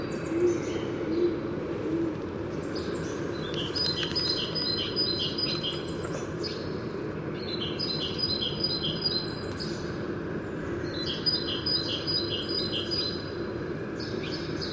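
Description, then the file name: Great tit repeating sharp two-part notes in three separate bursts, each a fast rhythmic series, with faint low hoots at the start and steady outdoor noise. "Parus major"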